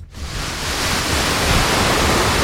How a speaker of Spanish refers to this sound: Así, este es el sonido. Con esa fuerza va el río por Alcalá. De momento 1000 metros cúbicos por segundo, su nivel seguro, pero se espera que aumente.